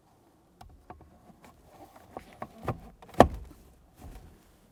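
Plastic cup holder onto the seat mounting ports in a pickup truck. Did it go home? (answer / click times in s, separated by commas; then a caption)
yes / 3.2 s. A plastic cup holder on a 1998-2011 Ford Ranger pickup truck has its two small ports slid onto the matching mounting areas on the seat and is pressed down into position. A series of faint taps and rubbing sounds builds to one sharp, loud snap at 3.2 seconds, followed by a few quieter knocks. The cup holder clicks into the seat and is held securely.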